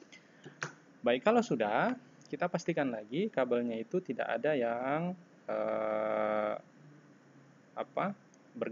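A crimped RJ45 plug on a LAN cable is released from a crimping tool by pressing the tool's release lever, giving a sharp snap at 0.6 s. After it, someone talks, and a steady tonal hum is heard from about 5.5 to 6.6 s.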